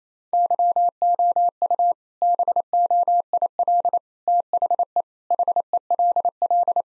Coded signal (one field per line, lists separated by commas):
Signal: Morse code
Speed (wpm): 28 wpm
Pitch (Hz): 700 Hz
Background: none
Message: YOU BOIL THE HELL